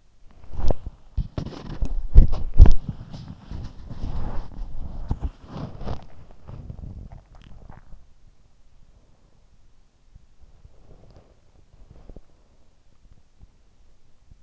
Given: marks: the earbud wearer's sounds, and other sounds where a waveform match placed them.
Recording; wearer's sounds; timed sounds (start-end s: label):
sounds in sleep by an in-ear microphone; body movement
0.00-14.43 s: body movement